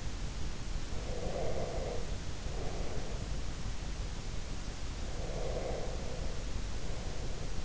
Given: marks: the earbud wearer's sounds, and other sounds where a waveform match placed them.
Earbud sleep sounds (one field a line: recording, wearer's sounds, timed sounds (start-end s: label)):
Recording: sounds in sleep by an in-ear microphone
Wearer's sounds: breath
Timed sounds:
0.89-3.62 s: breath
5.12-7.65 s: breath